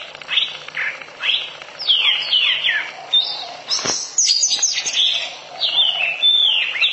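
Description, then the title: Oriental magpie-robin song, loud swooping whistles and slurred notes in quick succession, with a brief click-like sound in the middle. Long-duration song. "Kacer Durasi Panjang"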